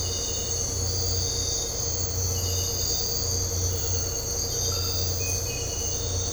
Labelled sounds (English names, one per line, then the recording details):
none
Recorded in dense forest near Puerto Asís, Putumayo, Colombia, on 9 March 2025 at 03:30
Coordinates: 0.468, -76.322
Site GP01